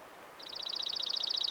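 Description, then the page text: Dark-eyed junco giving a rapid, level trill of identical sweet notes, starting abruptly and continuing steadily to the end, with a quiet background. "Атлас птиц - Серый юнко. Junco hyemalis"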